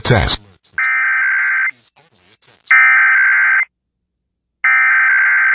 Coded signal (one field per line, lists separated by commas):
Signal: Emergency Alert System (SAME) tones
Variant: header bursts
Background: speech